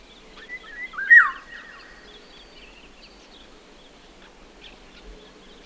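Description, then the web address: Oriole call: a brief cluster of whistled, slightly harsh notes near the start, the loudest a sharp downward slide, then quiet background with faint scattered chirps. "bird sounds oriole"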